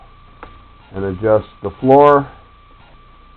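A foam floor insert with a printed picture is adjusted and pressed into a model vehicle's interior, and it snaps into place with a light click at 0.4 seconds. Someone talks afterward.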